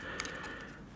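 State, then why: Seated. A battery holder is closed back down into the motordrive of a Leica R9 camera and clicks into place easily at 0.2 s with a sharp, brief snap, followed by a smaller tick just after. The holder is seated, and a faint tap is heard near the end of the clip.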